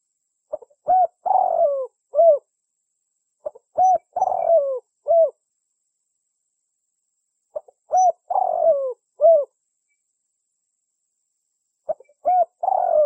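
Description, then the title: Spotted Dove calls: repeated three-part coo phrases with a burry descending middle note, recurring every few seconds. Used as a lure call to attract doves. "Pikat Burung Tekukur Paling Ampuh"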